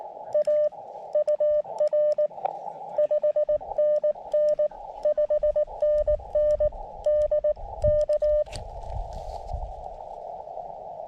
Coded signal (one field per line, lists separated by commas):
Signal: Morse code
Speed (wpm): 18 wpm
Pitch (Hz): 590 Hz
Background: none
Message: A UR 5NN 5NN DK